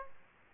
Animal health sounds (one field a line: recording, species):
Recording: mosquito wingbeat signal from an infrared sensor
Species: Aedes aegypti